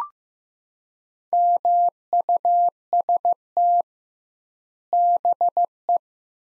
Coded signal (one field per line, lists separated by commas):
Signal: Morse code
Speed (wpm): 15 wpm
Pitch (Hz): 700 Hz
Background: none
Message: MUST BE